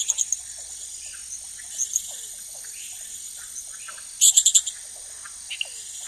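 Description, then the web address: Hyla rhodopepla frog calls: a short burst of pulses at the start and a louder, rapid burst of about four high clicking pulses near the end, over a steady high drone and scattered faint chirps. Recorded in the Ecuadorian Amazon. "Natures Songs. Frogs of Ecuadorian Amazon Hyla rhodopepla"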